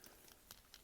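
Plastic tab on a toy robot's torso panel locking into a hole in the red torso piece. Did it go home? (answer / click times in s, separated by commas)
no / none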